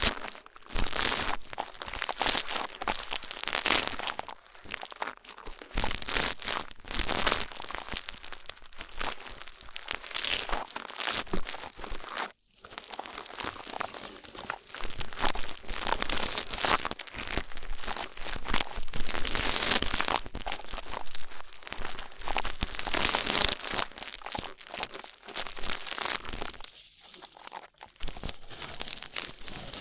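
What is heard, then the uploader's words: Rough ear cleaning: dense, scratchy rustling and crinkling that runs almost without pause, loud and bright with many quick crackly strokes. Brief silent gaps fall near 12 seconds and again around 27 seconds, and swells of harsher scraping come and go throughout. ASMR Rough Ear Cleaning (No Talking).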